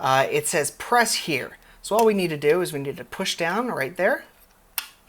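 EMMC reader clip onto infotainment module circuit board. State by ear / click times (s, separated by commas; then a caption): seated / 4.8 s. Someone talks while an eMMC reader clip is pressed down at the spot marked "press here" onto the circuit board of a Sync 3 infotainment module (APIM) during an FMods modification. A sharp snap is heard at 4.8 s as the clip seats into place on the board.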